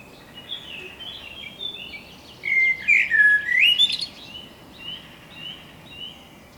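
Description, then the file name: Common blackbird song: one rich whistled phrase swooping down then up, with fainter twittering notes before and after over a soft hiss. "Turdus merula"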